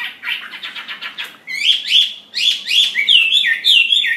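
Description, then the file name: Chinese hwamei song: a run of quick repeated notes, then loud, rich whistled phrases that swoop up and down, each phrase repeated two or three times. "audio gathering hwamei. omkicau"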